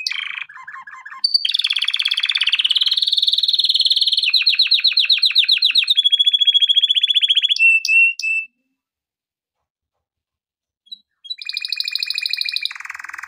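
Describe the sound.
Canary singing fast repeated trills and buzzy rolls at varied pitches, breaking off into a pause of a few seconds before another high trill starts.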